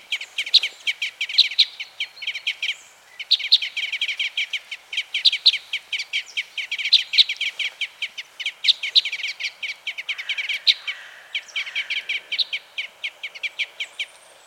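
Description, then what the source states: Red crossbill excitement calls, quick clustered chips in uneven bursts with brief pauses, faint background hiss. Type N Red Crossbill; excitement calls.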